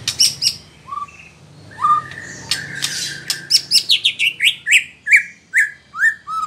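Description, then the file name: White-rumped shama song: low upward-flicked whistles, a brief harsh buzz, then a rapid sequence of falling whistled notes. Female bird. "murai batu betina"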